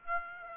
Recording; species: mosquito wingbeat signal from an infrared sensor; Aedes aegypti